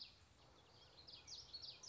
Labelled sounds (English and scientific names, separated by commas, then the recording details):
Common Yellowthroat (Geothlypis trichas)
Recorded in Sonoma County, California